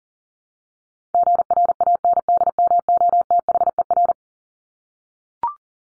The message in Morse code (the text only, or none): GRANDMOTHER